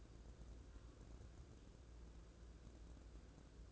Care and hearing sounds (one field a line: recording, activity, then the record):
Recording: daily activity, microphone in the room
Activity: take from stove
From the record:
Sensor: 2